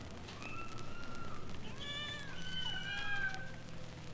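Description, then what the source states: Domestic cat meows, thin and fairly quiet, two or three wavering cries over a steady low hum. Kittens at an animal pound.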